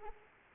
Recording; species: mosquito wingbeat signal from an infrared sensor; Anopheles arabiensis